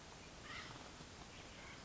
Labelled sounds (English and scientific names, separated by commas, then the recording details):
Acorn Woodpecker (Melanerpes formicivorus)
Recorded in Sonoma County, California